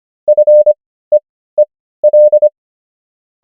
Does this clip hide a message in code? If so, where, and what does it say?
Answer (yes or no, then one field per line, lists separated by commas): yes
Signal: Morse code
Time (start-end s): 0.3-2.5 s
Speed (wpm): 25 wpm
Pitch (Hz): 600 Hz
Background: none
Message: FEEL